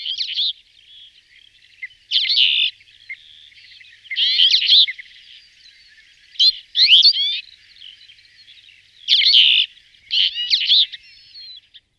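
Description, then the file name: Twite calls in several short twittering bursts of rapid high notes, separated by quiet gaps of uneven length. "konopka-žlutozobá"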